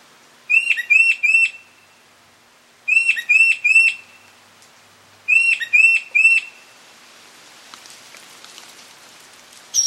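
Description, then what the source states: Mockingbird song, three bursts of triple whistled phrases repeated every couple of seconds, then a pause with faint background hiss. Male.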